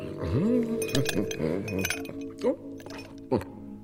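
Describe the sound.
Three small ice cubes clink into a glass of water in a few sharp, bright, irregular taps, heard under a person's ongoing voice.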